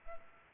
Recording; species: mosquito wingbeat signal from an infrared sensor; Culex pipiens